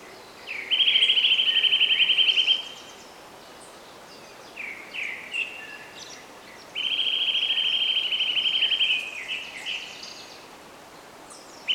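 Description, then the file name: Eurasian nuthatch delivering two quick, even trills of high piping notes, each roughly two seconds, with short chirps and soft background calls in between. "Sitta europaea"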